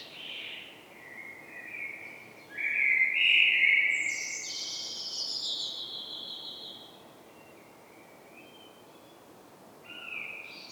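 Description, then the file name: Common blackbird song: a low fluted warble rising into a brighter phrase with a high squeaky flourish, then quiet, and a fresh phrase starting near the end. "Turdus merula"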